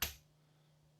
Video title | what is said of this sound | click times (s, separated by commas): This is in a league of its own! | So now we have a little bit of an audible click with the T-handle. | 0.0 s